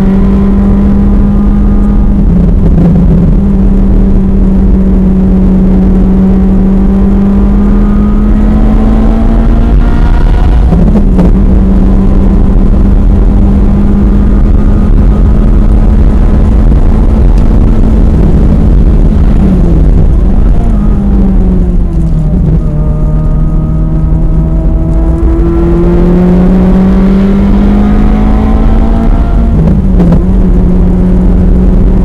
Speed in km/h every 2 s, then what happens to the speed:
111, 105, 105, 116, 134, 135, 142, 148, 151, 124, 81, 89, 100, 118, 124, 132.
0-4 slows to 105. 4-16 speeds up to 151. 16-20 brakes to 81. 21-32 speeds up to 132.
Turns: 0-7, 20-24.